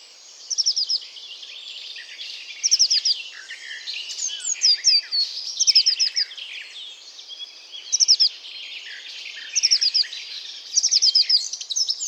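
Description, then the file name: Eurasian blue tit giving brief runs of thin, high, falling notes at irregular intervals over a dense background chatter. "Cyanistes caeruleus"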